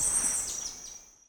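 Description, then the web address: Crimson topaz gives thin, very high squeaky notes that slide down and fade out, over soft background noise. Calls, eastern lowlands of South America. "Natures Songs S America Eastern Lowlands. Topaza pyra, calls"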